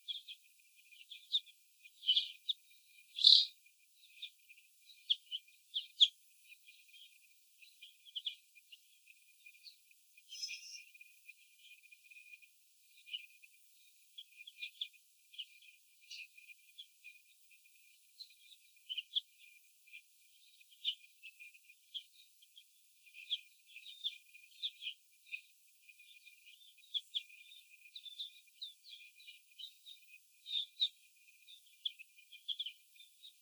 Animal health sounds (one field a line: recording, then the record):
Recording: young laying hens in a cage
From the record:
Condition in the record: before the stressor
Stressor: sudden umbrella opening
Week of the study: 2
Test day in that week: 1